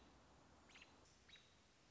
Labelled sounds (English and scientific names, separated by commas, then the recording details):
American Robin (Turdus migratorius)
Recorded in Sonoma County, California